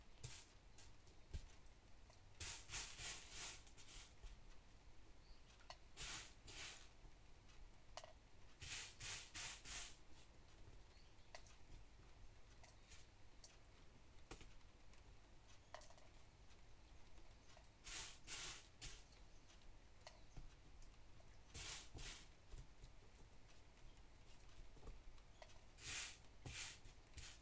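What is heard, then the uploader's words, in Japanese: Wheat is sorted in bursts of bright, rasping shakes every few seconds, over a steady soft hiss of gentle rain and faint frog calls. カエル鳴くしとしと雨の日に小麦選別。しとしと雨の日の午前中。カエルの鳴き声が多め。小麦にまざる草の種や茎を取り除いています。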